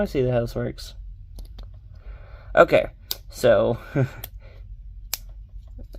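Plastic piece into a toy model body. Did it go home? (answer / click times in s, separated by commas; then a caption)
yes / 5.1 s. Someone talks while building a Crossfight B-Daman CB-38 Drift Peacock model kit, fitting a plastic piece into the toy's body. A single sharp click at 5.1 s marks the piece slotting into place, and it is confirmed seated.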